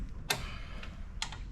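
A click-type torque wrench tightens the bolt on a new landing skid foot fitted to a 50-year-old helicopter. Two sharp clicks land at 0.3 s and 1.2 s, with fainter ticks near 0.8 s and 1.3 s, over a low steady background rumble. The wrench reaches its setting with exactly the two clicks the job calls for, no more and no less.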